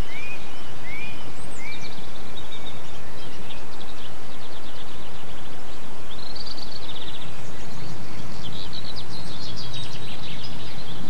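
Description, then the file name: Birds singing softly, short chirps and scattered trills over a steady low rumble of background noise. Recorded 8 April 2007 on an MZ-N 710 recorder. "MZ-N 710 Chants d oiseaux 8 04 07 extrait"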